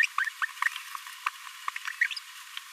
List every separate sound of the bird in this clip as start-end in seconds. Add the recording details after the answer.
0.03-0.06, 0.18-0.19, 0.42-0.46, 1.26-1.28, 2.11-2.14. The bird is a male. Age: 26 days. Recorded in a nest box in Venezuela. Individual 17B42A3